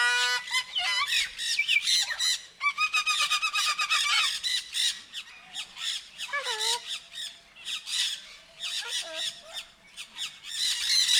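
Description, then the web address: Sulphur-crested cockatoo screeching in rapid, harsh bursts almost continuously, with shorter squawks and a few descending whistled notes among them. Captive bird at Nyíregyháza Zoo, recorded in 2019 with a professional recorder left beside it. "allathangok nyiregyhazizoo 2019 professzionalis sargabobitas kakadu otthagytukafelvevot nyiregyhaza"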